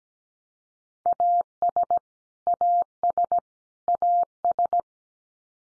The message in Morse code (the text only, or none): AS AS AS